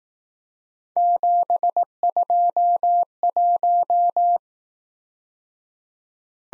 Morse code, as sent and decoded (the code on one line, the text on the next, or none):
--... ..--- .----
721